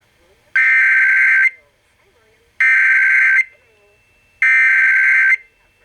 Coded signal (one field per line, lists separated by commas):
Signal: Emergency Alert System (SAME) tones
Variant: header bursts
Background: speech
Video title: Child Abduction Emergency - 08/05/21 (EAS #2,334)